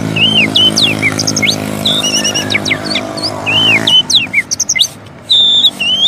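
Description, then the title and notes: Oriental magpie-robin song: varied whistled notes and slurred rising and falling phrases, with a low steady hum under the first four seconds, then brief gaps between phrases. Long-duration fill-in (isian) Oriental magpie-robin (kacer) song for training birds to sing actively (gacor) day and night. "Kacer Jadi Gacor Siang Malam. Isian Kacer Durasi Panjang"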